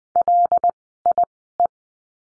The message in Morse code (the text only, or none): LIE